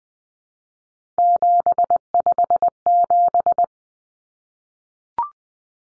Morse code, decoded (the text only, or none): 757